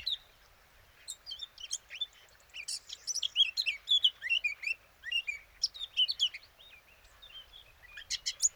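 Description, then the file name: Eurasian blackcap song, a fast, varied warble of chattering and fluty notes, swelling and pausing in a few bursts. "Sylvia atricapilla"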